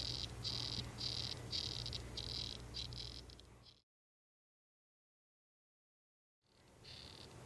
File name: ranitomeya ukarii calling